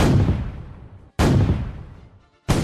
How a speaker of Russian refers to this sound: Продолжали звучать выстрелы.